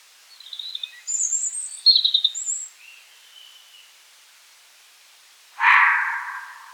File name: rotkehlchen